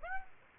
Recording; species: mosquito wingbeat signal from an infrared sensor; Aedes aegypti